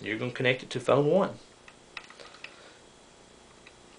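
Someone talks for the first second and a half while a telephone cord's plastic RJ11 plug is handled toward the Phone 1 port of a Linksys SPA telephone adaptor. Faint handling ticks follow, the clearest at about 2.0 and 2.4 seconds, against a quiet background. The plug has not yet seated or clicked into the port.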